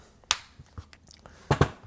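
A Samsung Galaxy S10 Plus smartphone is pressed into a hard plastic protective case, and a single loud, sharp snap rings out at 0.3 s, followed by a few faint taps and two heavier knocks near 1.5 and 1.6 s. The phone snaps fully into the case and sits snug.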